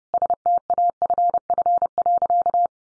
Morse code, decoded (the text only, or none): STAFF.